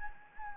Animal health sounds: mosquito wingbeat signal from an infrared sensor; Anopheles gambiae

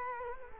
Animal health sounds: mosquito wingbeat signal from an infrared sensor; Culex quinquefasciatus

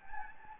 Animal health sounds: mosquito wingbeat signal from an infrared sensor; Anopheles gambiae

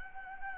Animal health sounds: mosquito wingbeat signal from an infrared sensor; Anopheles gambiae

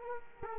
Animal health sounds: mosquito wingbeat signal from an infrared sensor; Culex quinquefasciatus

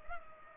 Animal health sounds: mosquito wingbeat signal from an infrared sensor; Culex pipiens

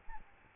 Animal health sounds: mosquito wingbeat signal from an infrared sensor; Aedes albopictus

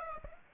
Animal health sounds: mosquito wingbeat signal from an infrared sensor; Aedes aegypti

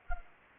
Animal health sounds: mosquito wingbeat signal from an infrared sensor; Anopheles gambiae

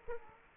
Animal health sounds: mosquito wingbeat signal from an infrared sensor; Aedes aegypti

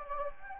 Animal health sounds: mosquito wingbeat signal from an infrared sensor; Anopheles gambiae

